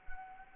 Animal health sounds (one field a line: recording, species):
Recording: mosquito wingbeat signal from an infrared sensor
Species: Anopheles arabiensis